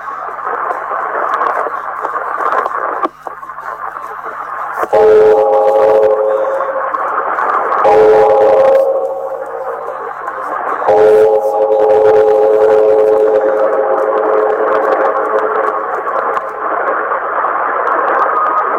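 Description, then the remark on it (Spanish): The bell of Guaura tolls slowly and solemnly during a minute of silence marking 100 years since the Liberator's death: three heavy strikes spaced a few seconds apart, each ringing out with a sustained, low humming tone over a constant background hiss. “Tañe la campana de Guaura con acento solemne.”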